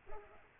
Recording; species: mosquito wingbeat signal from an infrared sensor; Culex pipiens